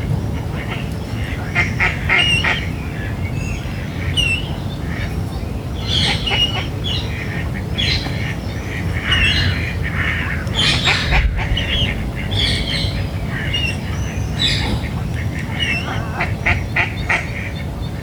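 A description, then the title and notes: Dawn in a city park: many birds call at once, bright chirps and squawking, goose-like honks scattered through the whole stretch at a busy, irregular pace. Underneath runs a steady low rumble of traffic, with a louder burst around eleven seconds. Parco Sempione at Dawn. Recorded in Parco Sempione, Milan, Italy.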